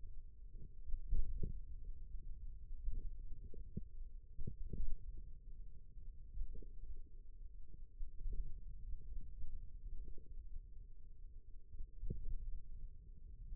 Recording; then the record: forearm muscle sounds (acoustic myography)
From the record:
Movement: finger pinch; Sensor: system 2, bracelet of six BSWA MPA416 microphones around the upper forearm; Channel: 3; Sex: male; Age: 22 years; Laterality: right